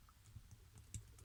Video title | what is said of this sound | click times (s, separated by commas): Titans Return Misfire and Aimless - Transformers Review | just click into place there okay to make one large again which | 0.9 s